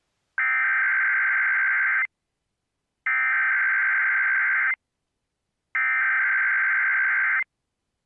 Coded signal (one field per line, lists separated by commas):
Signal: Emergency Alert System (SAME) tones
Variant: header bursts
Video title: EAS- West Virginia RMT on WJON